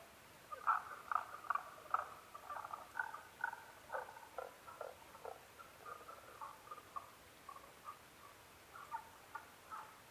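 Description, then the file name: Tago's brown frog calling, runs of short clucking notes repeated about twice a second, several bursts in succession. Recorded 15 May 2011 at 02:19. "tagogaeru-20110515-0219"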